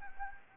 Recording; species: mosquito wingbeat signal from an infrared sensor; Anopheles gambiae